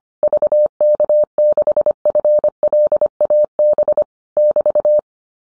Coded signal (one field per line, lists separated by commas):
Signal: Morse code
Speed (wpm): 25 wpm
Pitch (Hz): 600 Hz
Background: none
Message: VK6FLAB <BT>